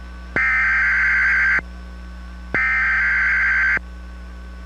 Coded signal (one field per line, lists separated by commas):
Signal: Emergency Alert System (SAME) tones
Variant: header bursts